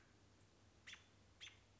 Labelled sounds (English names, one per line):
American Robin